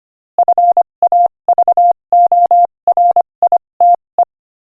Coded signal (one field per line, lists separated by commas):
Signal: Morse code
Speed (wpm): 25 wpm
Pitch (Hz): 700 Hz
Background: none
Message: FAVORITE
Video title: Morse Code Practice: 25 wpm Joke #8